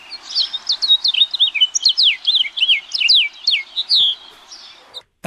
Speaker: That one was a little longer than usual, so it didn't quite fit. But the ear part at the end is a very common part of the house finch.